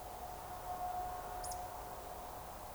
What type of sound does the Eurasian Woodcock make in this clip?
whistle